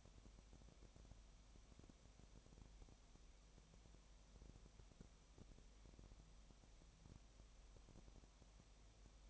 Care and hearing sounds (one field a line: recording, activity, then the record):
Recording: daily activity, microphone in the room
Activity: no activity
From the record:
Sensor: 1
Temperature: 19.7 degrees Celsius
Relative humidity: 37.1%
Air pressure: 1007.3 hPa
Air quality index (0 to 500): 144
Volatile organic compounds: 5 ppm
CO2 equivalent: 1763 ppm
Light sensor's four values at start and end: 1/2/1/1 and 1/2/1/1